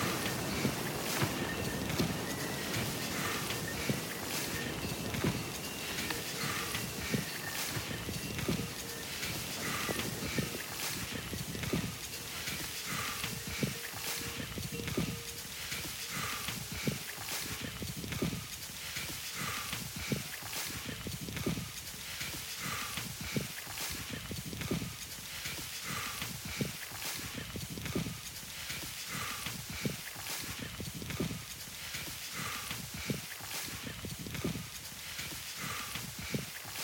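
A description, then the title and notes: An outdoor recording from a high mountain hiking trail, made up of frequent sharp clopping hoofbeats that come at an uneven but steady pace throughout, as if pack animals are passing. Faint voices and a continuous open-air hiss sit in the background. From Lukla to Everest Base Camp & Kalapathar. A Soundscape composition using geo-located recordings chronologically depicting my hike up to Everest Base Camp during Sep./Oct.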